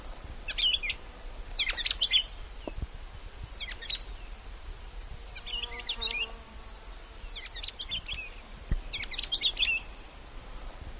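Bird calling in short clusters of bright, high chirps, irregularly spaced, over faint background noise.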